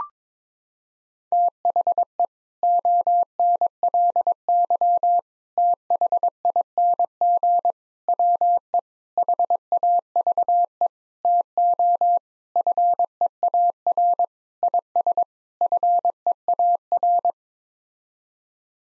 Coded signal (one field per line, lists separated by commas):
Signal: Morse code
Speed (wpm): 22 wpm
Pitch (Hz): 700 Hz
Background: none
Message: THE ONLY THING WE HAVE TO FEAR IS FEAR